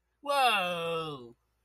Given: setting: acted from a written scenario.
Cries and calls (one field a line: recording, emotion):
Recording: vocal sound without words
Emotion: positive surprise